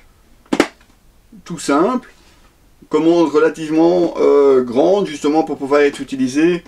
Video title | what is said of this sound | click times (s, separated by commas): Présentation casque Dual Nexx XD1 | écran en l'ex ans qui vient se clipser ici sur l'avant donc un clip ce tout | 0.5 s, 0.6 s